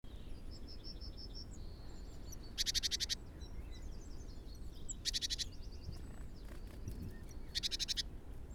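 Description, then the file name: Great tit harsh churring rattles, three short buzzy bursts a few seconds apart, with faint high twittering from other birds over steady low background noise. "Parus major"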